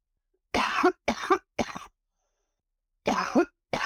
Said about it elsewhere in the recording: East Palestine resident and community organizer. My coughing fit's gone. It's after being in town for a couple of days.